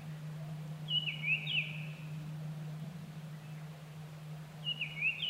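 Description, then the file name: Japanese thrush singing two brief whistled phrases with falling slurs, separated by a pause of about three seconds, against a constant low droning hum. Recorded 25 April 2010 at 18:00. "kurotugumi-20100425-1800"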